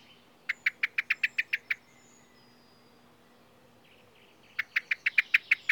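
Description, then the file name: Common blackbird calling with quick series of sharp, clicking chink notes, two bursts of around eight notes separated by a pause with faint bird twittering. "Turdus merula"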